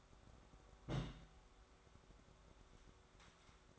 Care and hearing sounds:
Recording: daily activity, microphone in the room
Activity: place on stove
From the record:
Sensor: 3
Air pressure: 1010.2 hPa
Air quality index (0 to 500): 165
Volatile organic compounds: 9 ppm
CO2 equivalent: 2154 ppm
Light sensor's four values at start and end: 51/125/55/61 and 51/125/55/61

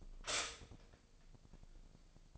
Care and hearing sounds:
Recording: daily activity, microphone in the room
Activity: stop toaster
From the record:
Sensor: 5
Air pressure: 1007.2 hPa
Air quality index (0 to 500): 125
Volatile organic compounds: 1 ppm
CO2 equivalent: 951 ppm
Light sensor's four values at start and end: 27/63/26/26 and 27/63/26/26

